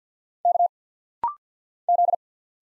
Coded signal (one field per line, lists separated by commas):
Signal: Morse code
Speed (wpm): 50 wpm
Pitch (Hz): 700 Hz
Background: none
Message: K Z